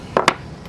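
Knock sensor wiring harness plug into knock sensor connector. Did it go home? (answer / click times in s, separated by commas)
yes / 0.2 s, 0.3 s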